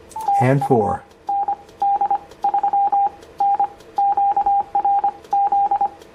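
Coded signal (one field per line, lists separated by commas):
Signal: Morse code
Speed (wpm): 25 wpm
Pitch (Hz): 800 Hz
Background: speech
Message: TU ND3N QRZ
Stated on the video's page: CW from a Yaesu FT-710.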